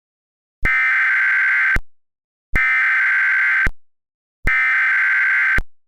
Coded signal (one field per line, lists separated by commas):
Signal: Emergency Alert System (SAME) tones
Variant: header bursts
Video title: EAS - TBW TOR at Night (April Fools Special)